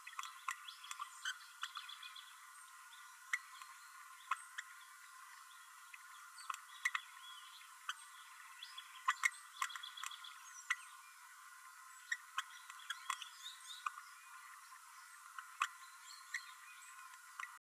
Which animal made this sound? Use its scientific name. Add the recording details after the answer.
Forpus passerinus. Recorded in a nest box in Venezuela. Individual 18B12A3